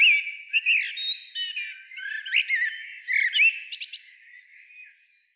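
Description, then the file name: Eurasian blackbird giving a run of warbled notes mixed with thin, high twittering squeaks, fading out toward the end. "Turdus merula"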